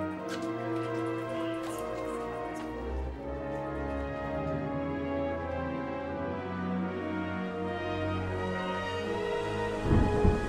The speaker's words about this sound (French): Il pleut toujours des cordes, c'est de pire en pire.